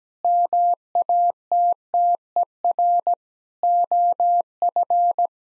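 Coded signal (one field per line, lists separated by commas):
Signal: Morse code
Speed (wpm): 17 wpm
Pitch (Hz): 700 Hz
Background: none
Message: MATTER OF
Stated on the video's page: Morse head-copy practice at 17 wpm: common seven-word groups, each sent in Morse, then spoken, then sent again.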